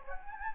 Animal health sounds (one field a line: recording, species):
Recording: mosquito wingbeat signal from an infrared sensor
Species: Anopheles gambiae